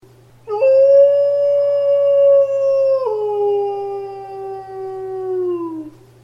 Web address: sounds wolf